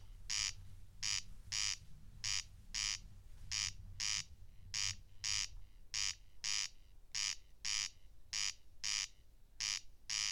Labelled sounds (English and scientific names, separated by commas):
Corn Crake (Crex crex) song